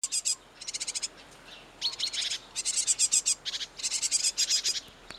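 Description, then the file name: Great tit churring calls, harsh rattled bursts of quick clicks repeated in close series, one after another, over a steady hiss background. "Parus major"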